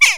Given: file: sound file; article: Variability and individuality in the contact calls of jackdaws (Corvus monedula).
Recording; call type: jackdaw call; harmonic